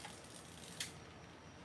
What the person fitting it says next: It's ready. You heard the click.